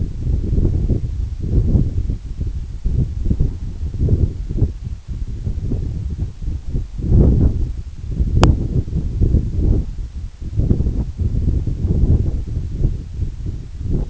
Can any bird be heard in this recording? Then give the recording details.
no. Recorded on Arctic tundra, site EABA-1, on 29 June 2018. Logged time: 20:00